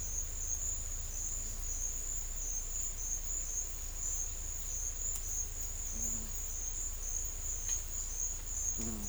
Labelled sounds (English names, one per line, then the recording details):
none
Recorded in secondary vegetation near Puerto Asís, Putumayo, Colombia, on 18 December 2024 at 11:30
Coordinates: 0.488, -76.319
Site GP04